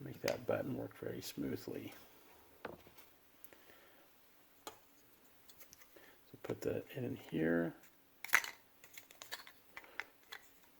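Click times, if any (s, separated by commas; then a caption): 8.4 s. Someone talks while an internal part of a Zebco 404LE spincast reel is put into the reel housing and pressed down, with small sharp taps and knocks along the way. A click at 8.4 seconds marks the part locking in place.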